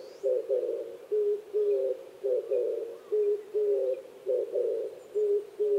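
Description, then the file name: Oriental turtle dove cooing, low hoarse coos in a steadily repeated phrase. Recorded 26 April 2010 at 05:29. "kijibato-20100426-0529"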